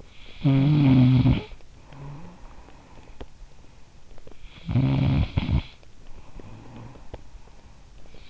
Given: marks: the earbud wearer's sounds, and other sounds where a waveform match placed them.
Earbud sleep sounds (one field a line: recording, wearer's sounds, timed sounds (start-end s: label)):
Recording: sounds in sleep by an in-ear microphone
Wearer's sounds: snoring breath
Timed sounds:
0.21-4.09 s: snoring breath
4.46-8.30 s: snoring breath